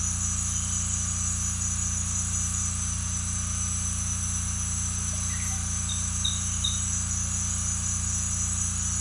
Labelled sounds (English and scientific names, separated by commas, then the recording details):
none
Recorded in secondary vegetation near Puerto Asís, Putumayo, Colombia, on 18 December 2024 at 18:00
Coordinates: 0.485, -76.322
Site GP08